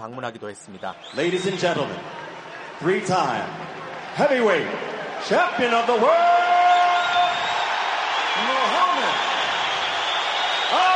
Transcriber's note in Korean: 녹취: 태권도 경기장 관중 환호